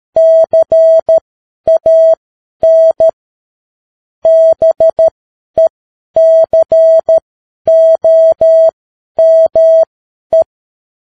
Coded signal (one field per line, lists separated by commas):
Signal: Morse code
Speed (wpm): 13 wpm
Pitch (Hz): 650 Hz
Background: none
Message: CAN BECOME